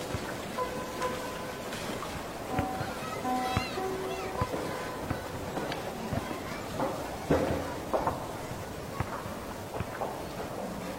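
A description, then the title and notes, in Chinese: An after-school classroom: a steady, dense murmur of activity runs throughout, with short bursts of voices and scattered knocks and clatters every second or so. Brief squeaky, tonal sounds like scraping chairs or desks surface several times, especially in the first five seconds. 放学后的教室。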